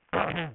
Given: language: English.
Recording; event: throat vibration sensor signal played as sound; throat clearing